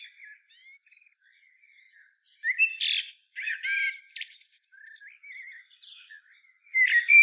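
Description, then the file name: Common blackbird producing scattered thin squeaks, then a louder run of harsh, scratchy and chirping notes, ending with a sharp squeaky flourish. "Turdus merula"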